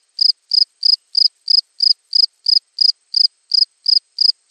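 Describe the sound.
A cricket's regular high chirps, evenly spaced roughly three per second against a silent background.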